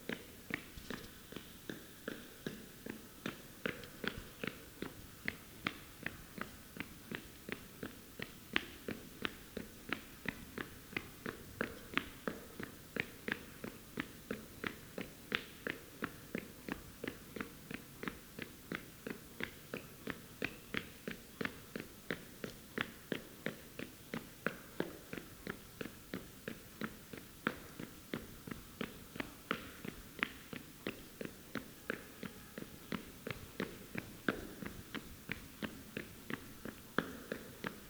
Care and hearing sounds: daily activity, guitar pickup as the sensor; run

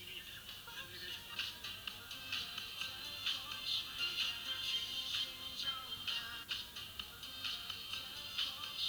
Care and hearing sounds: daily activity, guitar pickup as the sensor; browse video

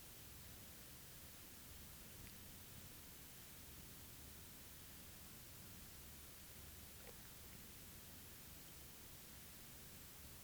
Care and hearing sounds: daily activity, guitar pickup as the sensor; drink water

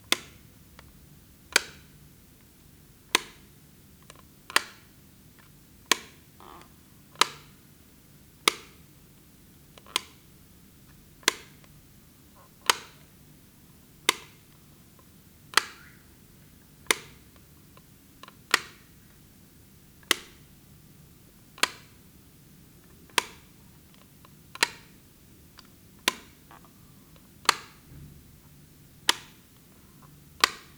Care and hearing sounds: daily activity, guitar pickup as the sensor; operate light

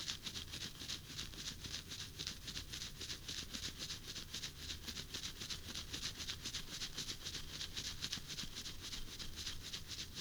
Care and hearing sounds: daily activity, guitar pickup as the sensor; brush teeth

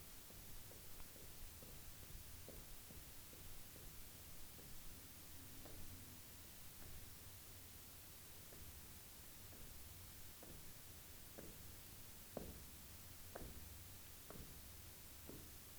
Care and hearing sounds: daily activity, guitar pickup as the sensor; jump

